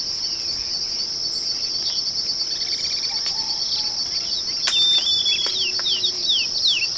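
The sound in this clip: Bird chirps: a few sweeping notes and a short whistle over an unbroken shrill insect chorus.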